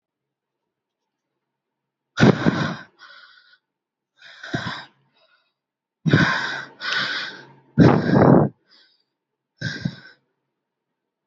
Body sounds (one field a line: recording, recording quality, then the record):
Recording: deep breathing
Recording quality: excellent, no background noise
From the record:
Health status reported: healthy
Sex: male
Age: 20 years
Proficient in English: yes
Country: India